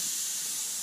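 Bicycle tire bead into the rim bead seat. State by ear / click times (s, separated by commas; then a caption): not seated / none. Air is pumped into a tubeless mountain bike tire, rubber on an aluminium rim set up with Stan's No Tubes products and no sealant yet, giving a steady, broad airy hiss for the full 0.8 seconds. No snap or click is heard; the bead has not seated on the rim seat yet.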